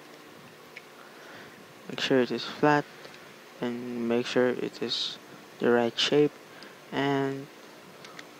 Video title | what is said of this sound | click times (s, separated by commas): 0023 - transformers review: Warrior class grimlock | it into place it doesn't lock in but | none